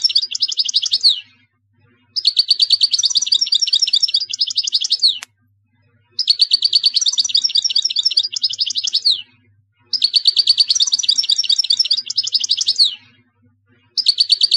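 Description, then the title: European goldfinch song, a fast jingling twitter of high notes in repeated three-second bursts with short gaps, and one sharp click. "Chant Chardonneret"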